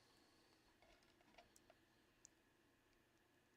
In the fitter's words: get a positive click you want to hear that positive click there